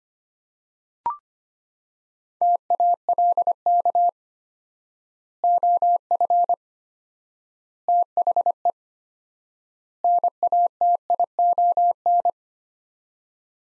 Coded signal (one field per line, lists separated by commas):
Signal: Morse code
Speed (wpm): 25 wpm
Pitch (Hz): 700 Hz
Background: none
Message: TALK OF THE NATION